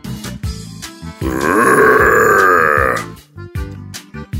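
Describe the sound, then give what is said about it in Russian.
A human voice imitates an orc's roar: one loud, guttural, growling bellow held for about two seconds, framed by short vocal sounds before and after. “От одного моего рева они на мгновение зажмурились, автоматически оборвав замах и выставив клинки на защиту.”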